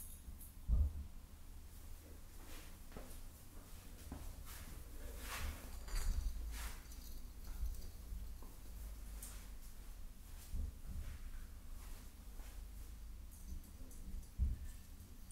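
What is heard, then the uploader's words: Decorating a Christmas tree: scattered knocks, rustles and soft clatters over a steady low rumble, with sharper thumps near the start and end. Decorating My Christmas Tree No Talking.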